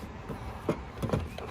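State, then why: Not seated. A plastic LED turn signal housing for a 2018-2021 (10th gen) Honda Accord is lined up with the holes on the side of the car body before being pushed home. Only soft handling and rubbing sounds are heard, with brief knocks around 0.7, 1.1 and 1.4 seconds. Nothing has seated or clicked yet.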